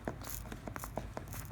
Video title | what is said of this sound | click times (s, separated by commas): Zaping your wood threads | what's gonna happen is oops i've stripped out the screw right and now i've over tightened it | 0.8 s